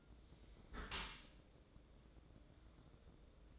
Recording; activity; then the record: daily activity, microphone in the room; close dishwasher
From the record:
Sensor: 3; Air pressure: 1012.3 hPa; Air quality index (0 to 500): 148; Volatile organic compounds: 2 ppm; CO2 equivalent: 1144 ppm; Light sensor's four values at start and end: 492/1207/497/490 and 490/1200/495/487